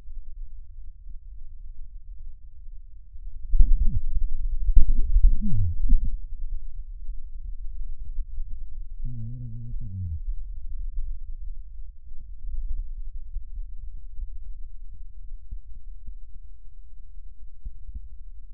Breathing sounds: lung sounds by stethoscope; right posterior basal chest; quiet breathing, then cough and speech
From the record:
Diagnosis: interstitial lung disease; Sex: male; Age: 61 years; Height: 172 cm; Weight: 71 kg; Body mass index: 24.0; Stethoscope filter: bell mode

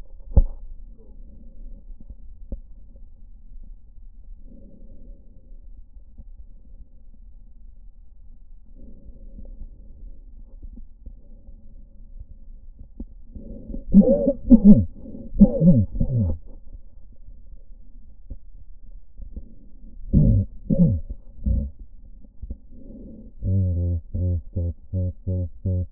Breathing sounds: lung sounds by stethoscope; left posterior basal chest; quiet breathing, then cough and speech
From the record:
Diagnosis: none (healthy); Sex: male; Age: 34 years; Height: 174 cm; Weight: 93 kg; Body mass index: 30.7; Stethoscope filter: diaphragm mode

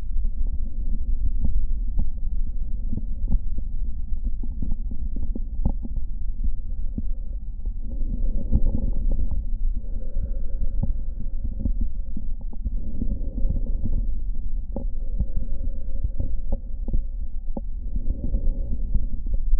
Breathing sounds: lung sounds by stethoscope; left anterior apical chest; quiet breathing, then deep breathing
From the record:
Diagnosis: COPD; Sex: male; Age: 64 years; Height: 166 cm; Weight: 92.7 kg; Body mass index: 33.6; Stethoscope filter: diaphragm mode

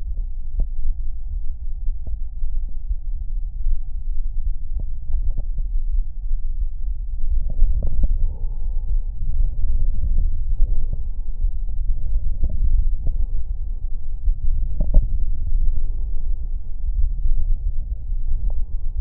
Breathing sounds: lung sounds by stethoscope; left anterior apical chest; quiet breathing, then deep breathing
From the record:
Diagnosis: COPD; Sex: male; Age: 59 years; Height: 175 cm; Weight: 73 kg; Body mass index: 23.8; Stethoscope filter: extended mode

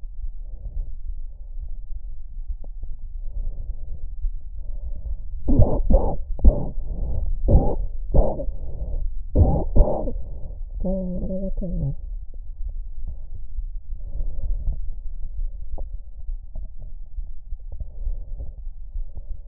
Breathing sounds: lung sounds by stethoscope; left anterior apical chest; quiet breathing, then cough and speech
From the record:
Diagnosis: asthma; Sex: female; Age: 77 years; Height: 160 cm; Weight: 68.7 kg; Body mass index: 26.6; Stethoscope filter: extended mode

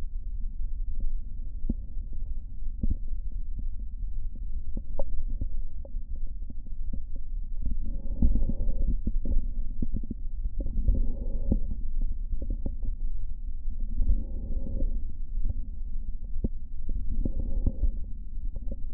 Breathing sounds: lung sounds by stethoscope; right posterior basal chest; quiet breathing, then deep breathing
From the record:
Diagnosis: COPD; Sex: male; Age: 77 years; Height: 172 cm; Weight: 85.2 kg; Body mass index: 28.8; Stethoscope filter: diaphragm mode

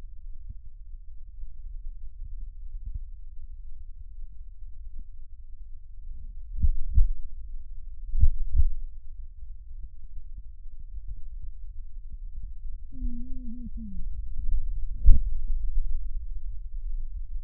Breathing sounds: lung sounds by stethoscope; left posterior basal chest; quiet breathing, then cough and speech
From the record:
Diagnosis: interstitial lung disease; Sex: male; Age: 47 years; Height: 159 cm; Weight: 66.8 kg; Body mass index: 26.4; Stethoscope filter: bell mode

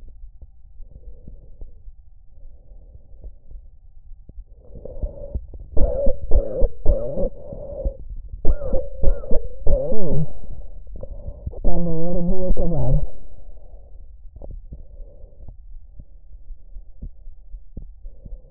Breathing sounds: lung sounds by stethoscope; trachea; quiet breathing, then cough and speech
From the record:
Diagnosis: asthma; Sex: female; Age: 66 years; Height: 172 cm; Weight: 76 kg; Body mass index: 25.7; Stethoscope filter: extended mode

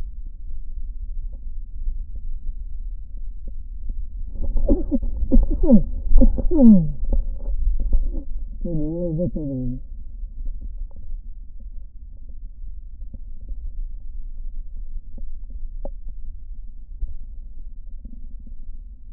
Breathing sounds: lung sounds by stethoscope; left posterior basal chest; quiet breathing, then cough and speech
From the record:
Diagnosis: COPD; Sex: male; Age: 77 years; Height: 164 cm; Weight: 58.2 kg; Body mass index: 21.6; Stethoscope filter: diaphragm mode

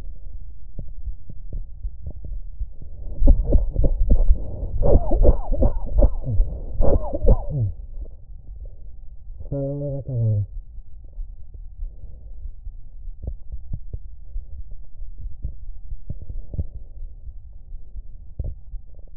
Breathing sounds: lung sounds by stethoscope; right anterior apical chest; quiet breathing, then cough and speech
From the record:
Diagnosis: COPD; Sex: male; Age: 59 years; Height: 171 cm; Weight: 91.4 kg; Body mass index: 31.3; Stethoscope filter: extended mode

